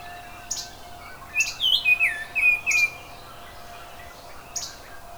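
Oriole song: a run of several rich, slurred whistles over about a second and a half, with sharp high ticks before and after.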